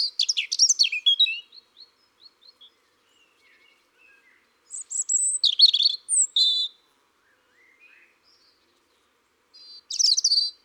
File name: Rougegorge familier